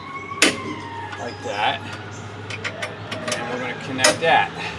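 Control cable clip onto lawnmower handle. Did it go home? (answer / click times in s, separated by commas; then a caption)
yes / 0.4 s. A throttle/control cable fitting is pressed onto a lawnmower handle, and it snaps into place with one sharp click at 0.4 s. The clip is seated. Someone talks, and a few lighter taps follow.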